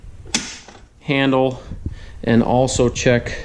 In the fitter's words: works nicely when you're testing it you can just push this little guy up till it clicks and then check your handle